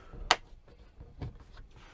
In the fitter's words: dass auch wirklich die letzte stellung eingerastet ist und nicht die mittlere